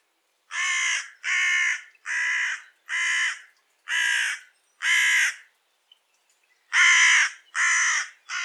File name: Corvus corone